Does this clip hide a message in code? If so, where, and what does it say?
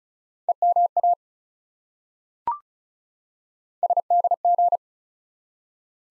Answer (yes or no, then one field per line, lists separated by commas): yes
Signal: Morse code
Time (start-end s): 0.5-4.8 s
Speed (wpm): 36 wpm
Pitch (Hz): 700 Hz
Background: none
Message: EMA SDG